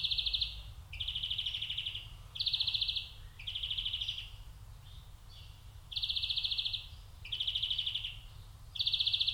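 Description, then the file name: European greenfinch delivering a series of rapid rattling trills in closely spaced bursts. "Chloris chloris"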